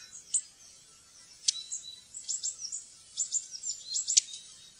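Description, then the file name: Long-tailed tit calls, fainter: thin high see notes and a few sharp ticks, in loose clusters over light background noise. "stjertmeis"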